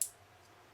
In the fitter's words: click and that really locks it in there pretty nicely I really do like that